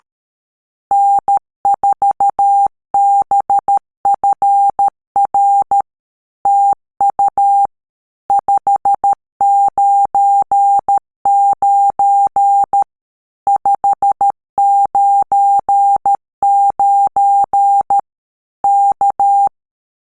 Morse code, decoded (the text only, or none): N4BFR TU 599 599 K